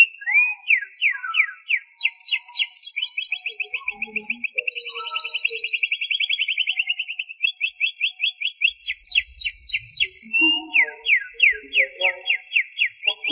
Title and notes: Suara Burung Kenari